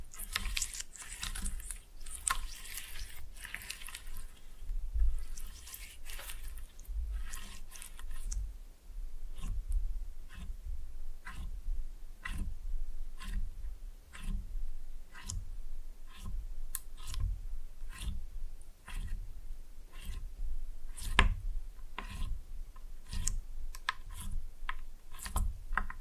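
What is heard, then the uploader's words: Slime being pressed and mixed, with a steady run of wet squelches and sticky pops roughly once or twice a second. The first few seconds are denser and hissier with crackly smacking, then it settles into separate squishy clicks with low thumps beneath. Slime No Talking (Pressing and Mixing).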